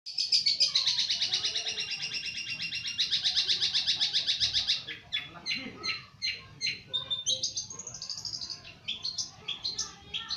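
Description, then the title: Long-tailed shrike song, a dense scratchy chatter of rapid buzzy notes early on, turning into varied high whistles and chips, some shifting in pitch. Champion bird. "Kicau Burung Cendet Juara"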